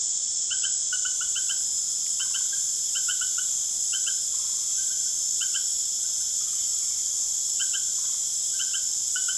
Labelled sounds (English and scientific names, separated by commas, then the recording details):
none
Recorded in secondary vegetation near Puerto Asís, Putumayo, Colombia, on 23 June 2025 at 19:00
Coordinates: 0.489, -76.322
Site G021